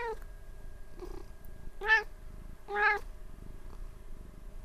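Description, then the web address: Cat giving soft short meows, two louder ones about a second apart, over low background noise and a steady faint hum. Recorded 29 April 2006. "cat cat 20060429"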